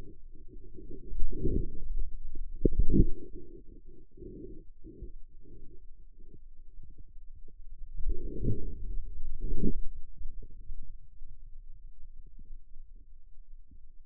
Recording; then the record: forearm muscle sounds (acoustic myography)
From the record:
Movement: outward rotation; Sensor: system 2, bracelet of six BSWA MPA416 microphones around the upper forearm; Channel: 5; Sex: male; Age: 22 years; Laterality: right